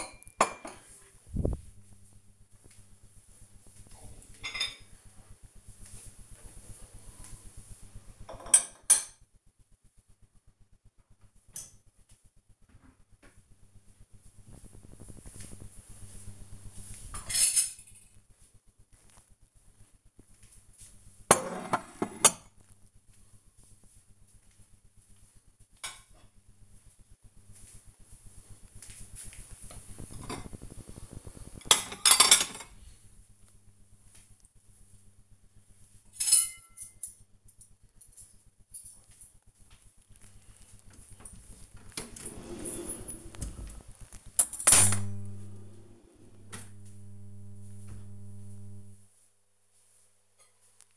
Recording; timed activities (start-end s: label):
household activities, microphone on the right wrist
0.00-50.97 s: putting away the dishes